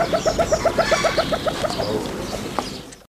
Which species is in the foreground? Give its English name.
Grey Partridge